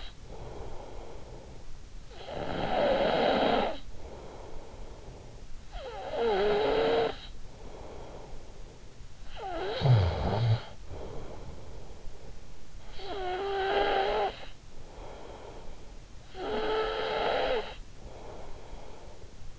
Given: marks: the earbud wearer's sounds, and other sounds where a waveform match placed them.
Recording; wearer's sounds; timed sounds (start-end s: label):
sounds in sleep by an in-ear microphone; snoring breath
0.00-19.59 s: snoring breath